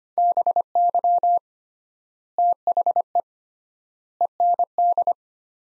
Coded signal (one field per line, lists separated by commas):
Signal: Morse code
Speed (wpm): 25 wpm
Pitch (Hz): 700 Hz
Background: none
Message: BY THE END